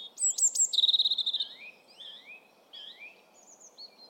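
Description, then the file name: European robin song: sharp high notes, then a rapid stuttering trill, followed by thin falling and rising whistled phrases. "Erithacus rubecula"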